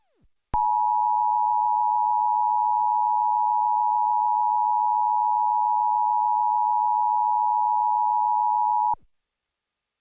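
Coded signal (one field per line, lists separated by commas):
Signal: Emergency Alert System (SAME) tones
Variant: 853 and 960 Hz attention tone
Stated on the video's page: National Emergency Alert System test interrupting a broadcast TV programme.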